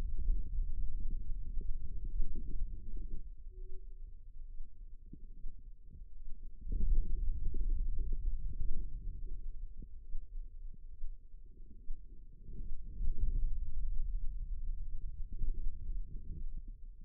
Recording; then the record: forearm muscle sounds (acoustic myography)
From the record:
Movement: hand opening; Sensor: system 2, bracelet of six BSWA MPA416 microphones around the upper forearm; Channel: 4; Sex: female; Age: 25 years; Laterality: right